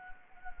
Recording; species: mosquito wingbeat signal from an infrared sensor; Anopheles gambiae